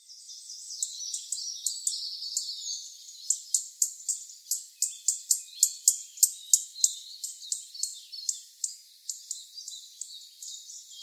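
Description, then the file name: European robin calls: a rapid series of thin, high ticks, growing louder in the middle, then tailing off into softer notes. "Erithacus rubecula"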